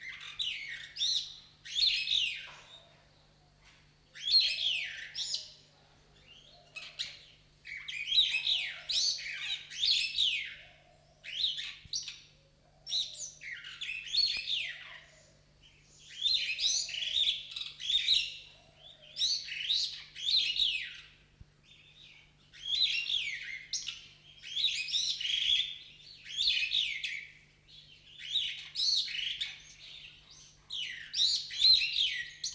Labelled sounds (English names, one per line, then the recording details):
Superb Starling
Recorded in captivity
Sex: male
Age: adult
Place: Zoo Berlin, Berlin, DE
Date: 1993-10-16 11:04
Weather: heiter, 6-10 °C
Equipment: Marantz CP 430, Sennheiser MKH 416 T, Kopie Uher Variocord 263
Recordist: Tembrock, Günter